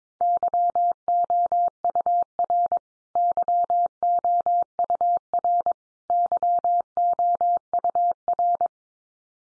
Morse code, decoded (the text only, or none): YOUR YOUR YOUR